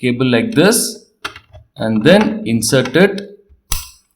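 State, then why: Seated. Someone talks, then a plastic RJ45 Ethernet plug is pushed into the LAN port on the back of a Wi-Fi router. A single sharp click is heard at 3.7 s as the plug seats in the port.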